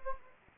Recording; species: mosquito wingbeat signal from an infrared sensor; Anopheles gambiae